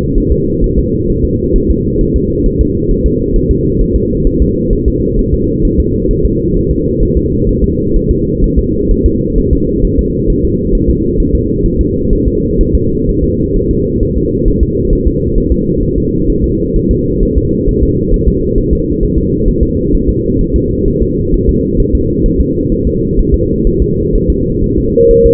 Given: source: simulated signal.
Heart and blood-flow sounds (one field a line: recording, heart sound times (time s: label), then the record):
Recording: fetal heart sounds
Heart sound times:
0.18 s: S1
0.32 s: S2
0.64 s: S1
0.79 s: S2
1.10 s: S1
1.25 s: S2
1.56 s: S1
1.70 s: S2
2.01 s: S1
2.16 s: S2
2.46 s: S1
2.61 s: S2
2.91 s: S1
3.06 s: S2
3.36 s: S1
3.51 s: S2
3.82 s: S1
3.96 s: S2
4.27 s: S1
4.42 s: S2
4.73 s: S1
4.88 s: S2
5.19 s: S1
5.34 s: S2
5.65 s: S1
5.80 s: S2
6.11 s: S1
6.25 s: S2
6.57 s: S1
6.71 s: S2
7.03 s: S1
7.17 s: S2
7.49 s: S1
7.64 s: S2
7.96 s: S1
8.11 s: S2
8.44 s: S1
8.59 s: S2
8.91 s: S1
9.06 s: S2
9.38 s: S1
9.53 s: S2
9.84 s: S1
9.99 s: S2
10.30 s: S1
10.45 s: S2
10.75 s: S1
10.90 s: S2
11.20 s: S1
11.35 s: S2
11.66 s: S1
11.81 s: S2
12.13 s: S1
12.28 s: S2
12.61 s: S1
12.75 s: S2
13.09 s: S1
13.24 s: S2
13.57 s: S1
13.71 s: S2
14.03 s: S1
14.18 s: S2
14.48 s: S1
14.63 s: S2
14.93 s: S1
15.08 s: S2
15.38 s: S1
15.52 s: S2
15.83 s: S1
15.98 s: S2
16.30 s: S1
16.44 s: S2
16.76 s: S1
16.91 s: S2
17.23 s: S1
17.38 s: S2
17.69 s: S1
17.83 s: S2
18.14 s: S1
18.28 s: S2
18.58 s: S1
18.73 s: S2
19.03 s: S1
19.18 s: S2
19.48 s: S1
19.63 s: S2
19.95 s: S1
20.09 s: S2
20.41 s: S1
20.56 s: S2
20.88 s: S1
21.03 s: S2
21.34 s: S1
21.49 s: S2
21.80 s: S1
21.95 s: S2
22.26 s: S1
22.41 s: S2
22.72 s: S1
22.87 s: S2
23.19 s: S1
23.34 s: S2
23.67 s: S1
23.82 s: S2
24.15 s: S1
24.30 s: S2
24.64 s: S1
24.78 s: S2
25.11 s: S1
25.26 s: S2
From the record:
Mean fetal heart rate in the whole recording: 130 bpm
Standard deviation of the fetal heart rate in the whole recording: 4 bpm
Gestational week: 38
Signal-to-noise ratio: -14.7 dB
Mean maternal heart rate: 72 bpm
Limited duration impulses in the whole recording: present